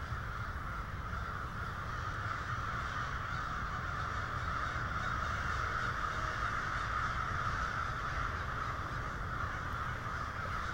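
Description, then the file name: A crow flock producing a dense wall of blended cawing that swells slightly midway, over a continuous low rumbling background. Several crows. "multi-cinci crows"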